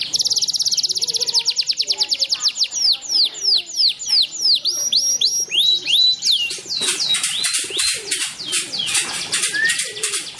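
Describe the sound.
Bird song: rapid series of high, down-slurred whistles giving way to loud, rattling high trills and a few upslurred notes.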